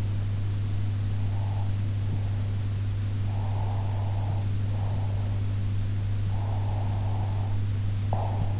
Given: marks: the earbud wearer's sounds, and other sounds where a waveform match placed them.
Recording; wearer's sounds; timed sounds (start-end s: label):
sounds in sleep by an in-ear microphone; breath
1.28-2.46 s: breath
3.23-5.40 s: breath
6.23-8.60 s: breath